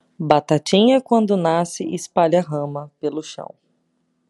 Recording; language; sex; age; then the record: short text; Brazilian Portuguese; female; 30 to 39 years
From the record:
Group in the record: control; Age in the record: 31 years